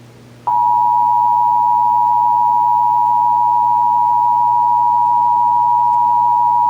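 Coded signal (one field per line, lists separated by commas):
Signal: Emergency Alert System (SAME) tones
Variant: 853 and 960 Hz attention tone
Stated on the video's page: Real Texas Required Monthly Test as aired on three TV stations.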